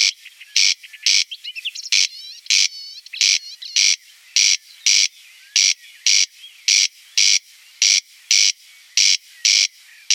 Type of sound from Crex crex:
song